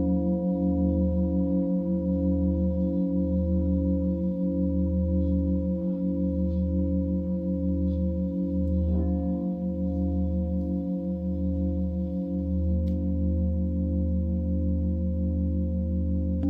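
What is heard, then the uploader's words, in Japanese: A singing bowl rings continuously, its deep low hum pulsing in a slow, even rhythm about every one to one and a half seconds, with steady higher ringing tones layered above. The sound stays full throughout, with a faint tap near nine seconds. シンギングボウルライブ。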